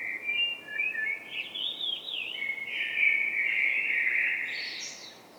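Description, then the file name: Eurasian blackbird in continuous song, a wandering flute-like warble that rises and falls, closing with a thin high note. "Turdus merula"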